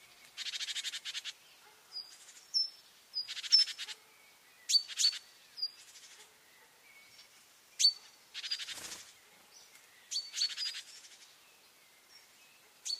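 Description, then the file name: Great tit calls: repeated harsh, rattling churrs and thin high notes in loose bursts. "Parus major"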